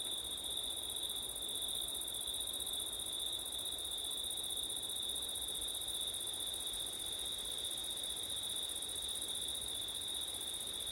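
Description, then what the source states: Continuous cricket song, a bright sustained trill holding steady from start to end, accompanied by a soft rushing wind. Crickets singing on a windy September night; ORTF recording.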